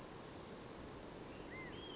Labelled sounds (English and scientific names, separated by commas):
California Quail (Callipepla californica)